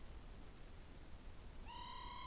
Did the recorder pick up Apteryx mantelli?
no